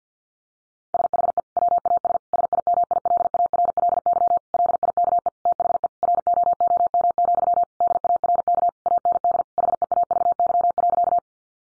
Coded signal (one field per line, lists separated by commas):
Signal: Morse code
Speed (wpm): 50 wpm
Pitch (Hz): 700 Hz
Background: none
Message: SHE WAS SIMILARLY LIKE THE ROOM, DARK AND HEAVY.